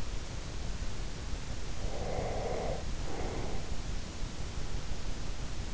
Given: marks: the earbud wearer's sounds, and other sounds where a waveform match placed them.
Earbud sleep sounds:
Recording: sounds in sleep by an in-ear microphone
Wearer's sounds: breath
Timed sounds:
1.87-3.70 s: breath

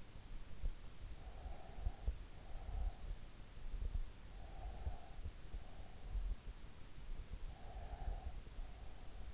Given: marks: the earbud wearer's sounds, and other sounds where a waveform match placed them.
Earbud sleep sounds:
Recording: sounds in sleep by an in-ear microphone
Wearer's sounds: breath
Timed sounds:
1.04-3.17 s: breath
4.41-6.20 s: breath
7.35-9.34 s: breath

